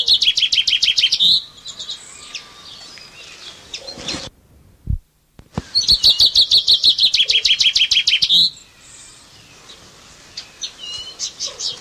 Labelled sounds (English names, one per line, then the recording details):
Common Chaffinch song
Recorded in captivity
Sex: male
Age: adult
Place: Zoo Berlin, Berlin, DE
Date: 1987-07-02 11:37
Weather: sunny, 20°C
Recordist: Tembrock, Günter